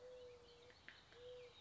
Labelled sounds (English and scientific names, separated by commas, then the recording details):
Mourning Dove (Zenaida macroura)
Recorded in Sonoma County, California